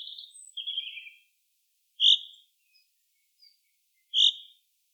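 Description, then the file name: Common chaffinch calls: a few short high chirps and buzzy notes, then two loud pink notes about two seconds apart. "Fringilla coelebs"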